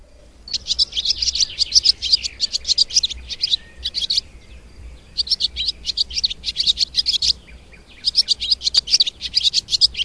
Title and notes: Füsti fecske (Hirundo rustica). Az apró testű, villámgyors röptű madár az ember közelében él, Halmos Gergővel, a Magyar Madártani és Természetvédelmi Egyesület Igazgatójával beszélgetünk róla